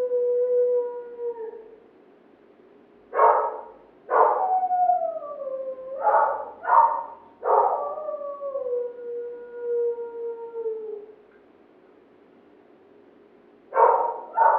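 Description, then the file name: Dog howling, then a run of loud barks, several drawn out into sliding howls, a quiet gap, and a final bark. Neighbours' dog barking. "Digiffects Sound Effects Library - Neighbours Dog Barking"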